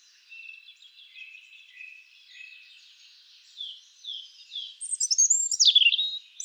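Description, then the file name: European robin singing soft, high, thin warbled notes that build into a loud, rapid, sweeping phrase near the end. "Erithacus rubecula"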